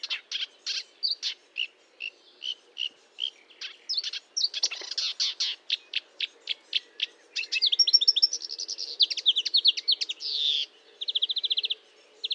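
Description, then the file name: Marsh warbler song that starts with evenly spaced clicking notes, speeds into a dense chatter, then ends with fast trilled runs. Recorded at Fourneau, Fontaine-Française, France, on 1 June 2022 at 10:55, using Nagra recorder and Telinga equipment. "Rousserolle verderolle 1055 Fontaine-Francaise-Fourneau"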